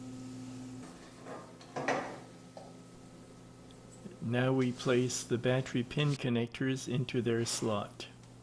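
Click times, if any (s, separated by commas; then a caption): none. Battery pin connectors are placed into their slot in a Pedego e-bike battery sleeve, with a few faint handling knocks and rustles around 1.6 to 2.6 seconds. Someone then talks from about 4.2 seconds to the end. Nothing has seated or clicked yet.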